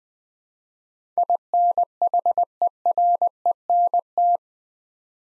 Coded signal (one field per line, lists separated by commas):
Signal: Morse code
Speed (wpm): 20 wpm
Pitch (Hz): 700 Hz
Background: none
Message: INHERENT